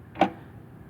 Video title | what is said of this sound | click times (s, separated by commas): this is the 1960 gold star bsa super rocket | another click that goes all the way down. | 0.2 s